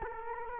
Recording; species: mosquito wingbeat signal from an infrared sensor; Culex quinquefasciatus